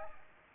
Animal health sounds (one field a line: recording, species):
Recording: mosquito wingbeat signal from an infrared sensor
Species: Aedes aegypti